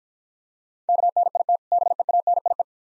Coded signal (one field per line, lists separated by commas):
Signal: Morse code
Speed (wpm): 47 wpm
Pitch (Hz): 700 Hz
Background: none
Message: KNIT BEANIE